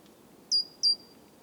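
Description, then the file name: Great tit giving a pair of sharp, high-pitched notes. Each note drops quickly, then trails off on a level whistle. The background is otherwise quiet. "Parus major"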